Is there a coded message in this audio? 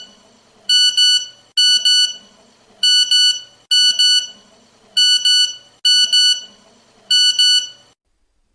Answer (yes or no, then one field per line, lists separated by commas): no